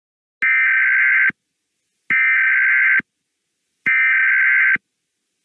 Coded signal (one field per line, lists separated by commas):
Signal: Emergency Alert System (SAME) tones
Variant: header bursts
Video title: EAS Scenario - The Ultimate Hurricane: REMASTERED